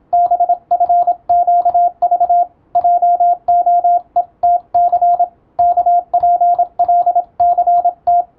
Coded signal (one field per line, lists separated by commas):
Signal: Morse code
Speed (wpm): 27 wpm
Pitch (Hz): 700 Hz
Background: radio noise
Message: BFQV JOETC KPLCT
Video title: 「トン」と「ツー」で世界をつなぐモールス符号！YouTubeの再生速度を聞き取りやすい速度に設定して受信練習を始めてみませんか(morse code practice radio operator )